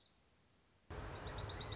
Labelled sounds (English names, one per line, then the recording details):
Dark-eyed Junco
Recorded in Sonoma County, California